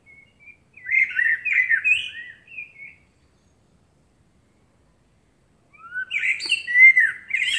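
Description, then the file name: Common blackbird sings a mellow warbled phrase, falls silent for about three seconds, then starts a second phrase ending in high squeaky notes. "Turdus merula"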